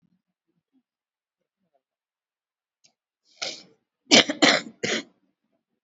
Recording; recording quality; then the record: shallow voluntary cough; excellent, no background noise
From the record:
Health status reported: COVID-19 positive, mild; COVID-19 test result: positive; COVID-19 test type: RT-PCR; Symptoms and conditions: cold, fever, muscle pain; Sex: female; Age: 34 years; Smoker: no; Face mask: worn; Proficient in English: no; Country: India